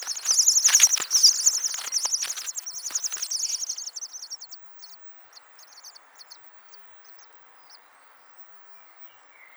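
Dunnock singing a fast high jangling warble for about four seconds, then fading into scattered faint notes over a soft background hiss.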